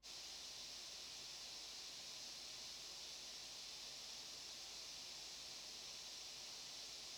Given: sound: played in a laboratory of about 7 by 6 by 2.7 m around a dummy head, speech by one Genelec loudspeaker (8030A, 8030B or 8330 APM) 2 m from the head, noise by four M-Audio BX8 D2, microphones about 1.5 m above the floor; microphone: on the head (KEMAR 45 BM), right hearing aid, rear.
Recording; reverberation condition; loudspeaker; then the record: white noise; low; four, about 170 cm from the corners of the room and facing them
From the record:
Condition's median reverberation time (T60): about 310 ms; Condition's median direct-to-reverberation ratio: about 3.5 dB